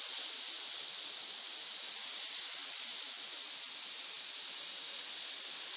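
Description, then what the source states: Snakes giving a continuous breathy hiss, dense and even from start to finish, with no pauses or other sounds. Many snakes hissing together in a pit.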